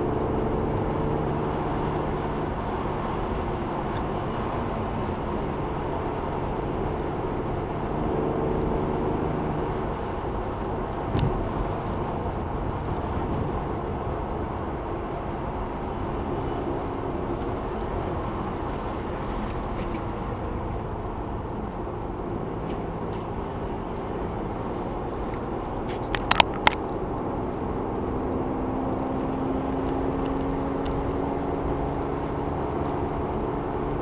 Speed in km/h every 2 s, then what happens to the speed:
116, 113, 114, 119, 119, 113, 108, 108, 101, 87, 87, 92, 97, 103, 108, 111, 111.
0-8 steady at about 116. 8-18 slows to 87. 18-30 speeds up to 111.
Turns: none.